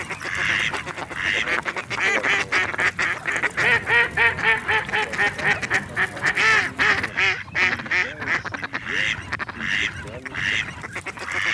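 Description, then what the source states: Mallard quacking, a dense chorus of many overlapping nasal quacks in rapid pulsing bursts, continuous throughout. For an electronic decoy caller.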